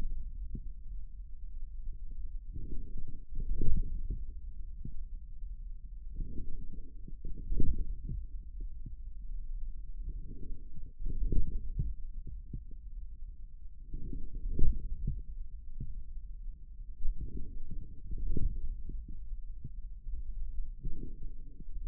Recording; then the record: forearm muscle sounds (acoustic myography)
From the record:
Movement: forearm pronation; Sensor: system 1, eight BSWA MPA416 microphones around the upper forearm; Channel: 8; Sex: male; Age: 41 years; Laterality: right